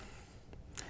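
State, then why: Seated. A camera quick-release plate is slid into a gimbal clamp and locked. A faint tap at 0.5 s is followed by a small, sharp click at 0.8 s as the plate seats and locks on the gimbal.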